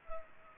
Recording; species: mosquito wingbeat signal from an infrared sensor; Culex pipiens